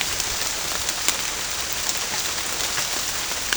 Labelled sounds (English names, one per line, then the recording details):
none
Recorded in dense forest near Puerto Asís, Putumayo, Colombia, on 27 June 2025 at 07:00
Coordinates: 0.481, -76.323
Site G072